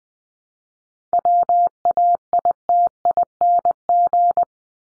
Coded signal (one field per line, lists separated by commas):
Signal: Morse code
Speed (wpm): 20 wpm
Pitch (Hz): 700 Hz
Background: none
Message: WAITING